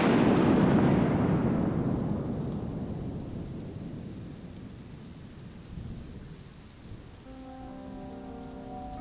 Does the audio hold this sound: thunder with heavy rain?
yes